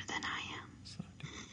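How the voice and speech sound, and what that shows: A brief stretch of voiceless, hissy speech from an adult, with no pitched voicing, ending in a pause and a soft 'sh'. This is whispered speech, made with the vocal folds held apart. It is a whispered sample used as input for regenerating a natural-sounding voice for people who lost the ability to speak.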